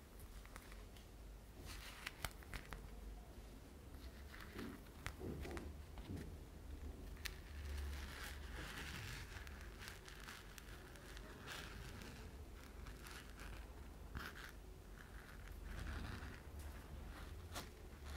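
Irregular tapping and scratching on glass, a sponge and a purse, with frequent sharp clicks throughout over a steady low rumble.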